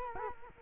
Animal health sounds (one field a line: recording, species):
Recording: mosquito wingbeat signal from an infrared sensor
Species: Culex quinquefasciatus